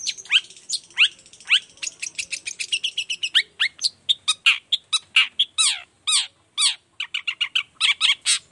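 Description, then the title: Long-tailed shrike song: a rapid, continuous stream of harsh, sweeping and squeaky notes, some slurring downward, packed closely together throughout. Singing in the morning with varied toet toet notes; used as a lure to make other shrikes of any kind reply quickly. "Cendet Gacor Dor Di Kala Pagi Toet Toet Variasi Suara. Cendet Gacor Efektif Pancingan Buat Cendet Jenis Apapun Agar Cepat Nyaut Buka Paruh"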